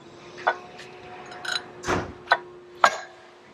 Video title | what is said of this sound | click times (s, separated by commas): CYBERTRUCKco - CYBERTRUCK Billet Aluminum LOCKING Wheel Caps - #tesla #cybertruck | until it clicks now it's nice seated it's not going to come out | 2.3 s, 2.8 s